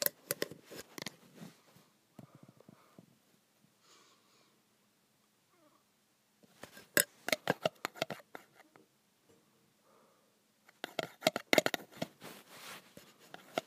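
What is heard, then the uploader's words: Graphite scrapes and taps on metal in dense, scratchy bursts around the start, the middle and the end, separated by quieter gaps with faint rubbing. ASMR Graphite on Metal.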